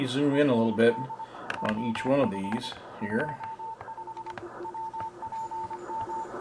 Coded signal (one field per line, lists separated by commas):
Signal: Morse code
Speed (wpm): 24 wpm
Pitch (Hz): 900 Hz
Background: speech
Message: END OF 25 WPM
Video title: Morse Code Decoding Software, MRP40, CWGet, CW Decoder Review – AF5DN